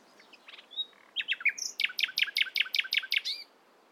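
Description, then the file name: Common nightingale song, a few soft whistles leading into a rapid series of loud, sharp repeated notes lasting about two seconds. "Luscinia megarhynchos"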